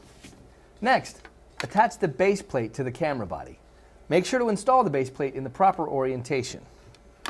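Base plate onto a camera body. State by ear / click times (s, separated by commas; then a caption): not seated / none. Someone talks while a base plate is handled for attaching to a camera body during WMIP Elite assembly, with the plate to go on in the proper orientation. A faint tick comes at 7.0 s and a sharper one at 7.3 s as the clip ends. Nothing has seated or clicked yet.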